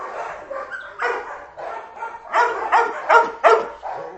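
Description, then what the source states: Dog barking, softer uneven woofs at first, building to four loud, evenly spaced barks near the end. Ten dogs barking.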